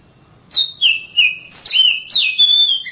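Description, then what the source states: Oriental magpie-robin song: a short run of sweet whistled notes, some falling, some swooping and rising, given rapidly. Kacer master song recording.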